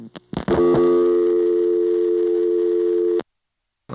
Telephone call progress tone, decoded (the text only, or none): dial tone